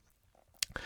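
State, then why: Seated. The clasp of a black PVD-coated stainless steel watch strap is pressed closed and snaps shut with a sharp positive click at 0.6 s. A second sharp hit follows at 0.8 s, and the clasp is seated.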